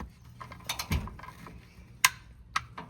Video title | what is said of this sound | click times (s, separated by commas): How to Properly Change Your Oil! | Okay. And there's the click. | 2.0 s